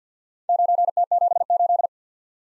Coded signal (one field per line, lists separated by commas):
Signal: Morse code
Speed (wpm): 52 wpm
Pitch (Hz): 700 Hz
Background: none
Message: 9T78